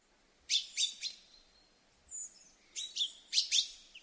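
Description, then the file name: Common chaffinch calls: a few sharp, bright chip notes, a thin falling high whistle in the middle, then a second quick cluster of metallic notes. "Fringilla coelebs"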